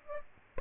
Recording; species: mosquito wingbeat signal from an infrared sensor; Aedes aegypti